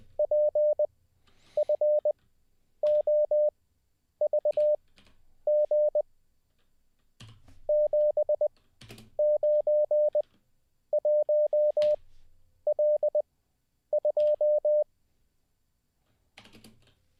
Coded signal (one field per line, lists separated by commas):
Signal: Morse code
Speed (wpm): 20 wpm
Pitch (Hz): 600 Hz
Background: none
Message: PFOVG 791L2